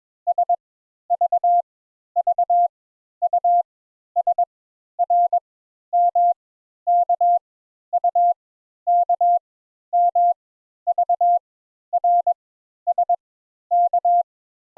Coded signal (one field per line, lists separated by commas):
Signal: Morse code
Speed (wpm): 22 wpm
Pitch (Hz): 700 Hz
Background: none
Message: S V V U S R M K U K M V R S K